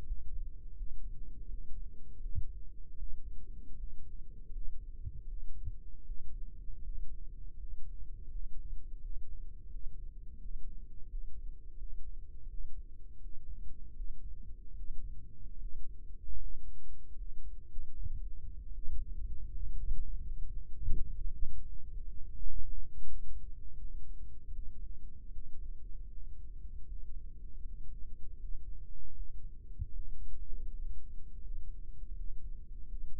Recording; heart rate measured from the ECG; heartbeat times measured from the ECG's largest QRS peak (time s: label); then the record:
heart sounds by microphone in the right ear; 80 bpm
0.03 s: heartbeat
0.74 s: heartbeat
1.46 s: heartbeat
2.17 s: heartbeat
2.95 s: heartbeat
3.75 s: heartbeat
4.49 s: heartbeat
5.24 s: heartbeat
6.02 s: heartbeat
6.79 s: heartbeat
7.54 s: heartbeat
8.27 s: heartbeat
8.97 s: heartbeat
9.67 s: heartbeat
10.36 s: heartbeat
11.05 s: heartbeat
11.74 s: heartbeat
12.46 s: heartbeat
13.17 s: heartbeat
13.93 s: heartbeat
14.73 s: heartbeat
15.56 s: heartbeat
16.35 s: heartbeat
17.13 s: heartbeat
17.92 s: heartbeat
18.70 s: heartbeat
19.44 s: heartbeat
20.18 s: heartbeat
20.89 s: heartbeat
21.61 s: heartbeat
22.32 s: heartbeat
23.04 s: heartbeat
23.76 s: heartbeat
24.50 s: heartbeat
25.29 s: heartbeat
26.08 s: heartbeat
26.85 s: heartbeat
27.62 s: heartbeat
28.36 s: heartbeat
29.12 s: heartbeat
29.89 s: heartbeat
30.65 s: heartbeat
31.39 s: heartbeat
32.12 s: heartbeat
32.85 s: heartbeat
From the record:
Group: healthy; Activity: rest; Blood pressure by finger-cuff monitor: 98/66 mmHg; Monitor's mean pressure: 74 mmHg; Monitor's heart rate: 81 bpm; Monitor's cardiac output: 5.6 L/min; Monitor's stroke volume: 70 mL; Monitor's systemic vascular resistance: 930 dyn s/cm5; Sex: male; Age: 22 years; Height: 181 cm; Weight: 60 kg